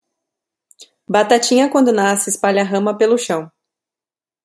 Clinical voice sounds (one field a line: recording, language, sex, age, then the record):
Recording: short text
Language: Brazilian Portuguese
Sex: female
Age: 30 to 39 years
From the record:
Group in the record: control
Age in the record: 33 years